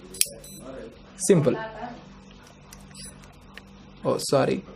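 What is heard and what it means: After being re-locked, a fingerprint padlock is opened by a finger on its sensor, and its metal shackle unlatches and springs open with one sharp click at 0.2 s. Someone then talks briefly twice, with a few faint ticks in between over low background hum. The padlock is released.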